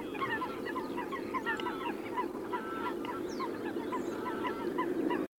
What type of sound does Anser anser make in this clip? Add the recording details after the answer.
call. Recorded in the wild. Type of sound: call. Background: Podiceps cristatus. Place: Galenbeck, Mecklenburg-Vorpommern, DE. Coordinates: 53.628, 13.734. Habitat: Lake. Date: 1981-04-10 07:00. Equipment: Nagra III BH, Sennheiser MD 21, parabola. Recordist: Schubert, Michael. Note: Rufe von Graugänsen und Haubentauchern